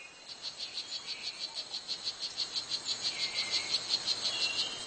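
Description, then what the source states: Strawberry poison dart frog call: a long run of rapid, regular high-pitched chirps, with faint lower whistles behind. Male calling to attract a mate, using the same method as cicadas to make the sound as loud as possible; frog about 2 cm tall, in the jungle.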